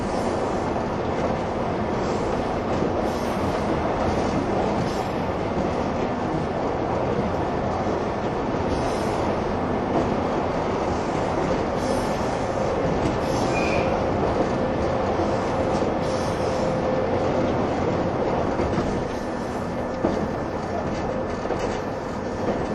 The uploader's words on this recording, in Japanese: 185系 踊り子106号01 伊豆急下田～熱海。修善寺始発の列車を併結しつつも上り列車で最速となる、185系踊り子106号を収録したものです。音の旅(走行音)。